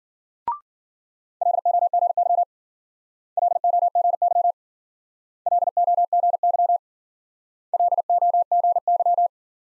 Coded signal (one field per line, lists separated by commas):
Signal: Morse code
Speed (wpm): 52 wpm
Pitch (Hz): 700 Hz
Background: none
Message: LOGY LOGY LOGY LOGY